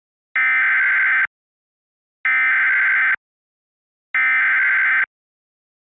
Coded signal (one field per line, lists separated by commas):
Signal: Emergency Alert System (SAME) tones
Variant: header bursts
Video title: EAS Mock/Recreation: MY EARS!!! 😭✌️